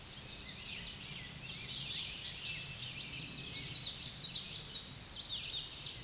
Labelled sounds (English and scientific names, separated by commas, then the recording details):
Common Yellowthroat (Geothlypis trichas) song
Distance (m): 35 m
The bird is about 10 m above the microphone
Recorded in a Pennsylvania forest on 16 May 2024 at 07:00
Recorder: AudioMoth, point MSD-2155
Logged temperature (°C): 15.6 °C
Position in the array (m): 44 m, 141 m